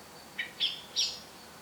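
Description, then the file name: Eurasian blackbird call: three short, sharp notes, each higher than the one before, the last two louder, over a quiet background hiss. "Turdus merula"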